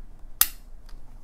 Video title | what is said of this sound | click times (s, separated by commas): Easy to Install Sound Masking Systems - Qt 100 Unboxing | little seismic wire tab for our folks on the west coast but literally you plug this in you'll hear the click and | 0.4 s